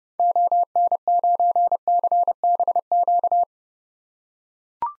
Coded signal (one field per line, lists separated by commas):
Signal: Morse code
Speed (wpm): 29 wpm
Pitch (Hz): 700 Hz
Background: none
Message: ON9CBQ